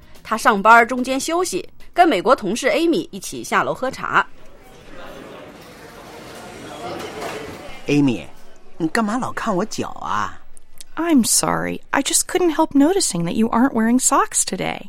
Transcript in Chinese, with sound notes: 他上班中间休息，跟美国同事 Amy 一起下楼喝茶。 (Office ambience) Amy, 你干嘛老看我的脚啊？
I'm sorry. I just couldn't help noticing that you aren't wearing socks today.